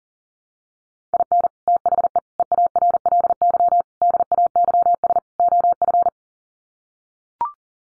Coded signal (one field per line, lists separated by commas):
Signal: Morse code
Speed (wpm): 40 wpm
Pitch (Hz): 700 Hz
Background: none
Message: IN THE EARLY DAYS OF